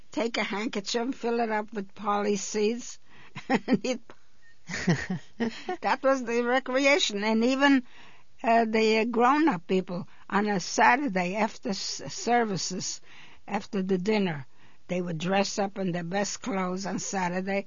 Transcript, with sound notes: take a handkerchief, fill it up with polly seeds and eat. (laugh) That was the recreation. And even the grownup people on a Saturday after the services, after the dinner, they would dress up in there best clothes on Saturday.